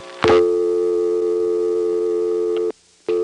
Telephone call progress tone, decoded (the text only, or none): dial tone